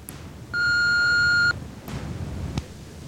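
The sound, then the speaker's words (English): A single steady electronic beep from the answering machine of an office handling traffic penalties, fines and license matters, about one second long with a pure, high pitch, followed by faint line noise and a couple of small clicks. “If you have called us before and would like to set up an appointment to discuss penalties, fines, or advantages in your traffic license, please leave your name and number at the sound of the tone.”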